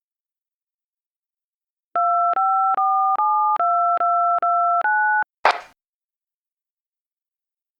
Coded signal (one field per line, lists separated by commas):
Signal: DTMF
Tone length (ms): 410 ms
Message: 254729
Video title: EAS Scenario: 2:14 AM